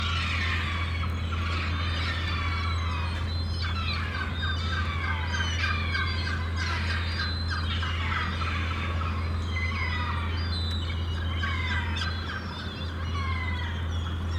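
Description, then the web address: Gulls calling in a busy chorus, many overlapping squawks and cries, over a constant deep low rumble. Gulls calling wildly at a harbour. "The Sound Pack Tree - Sonic Seaside - Crazy Harbor Seagulls"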